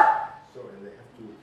Loud echoey sneeze in the bar.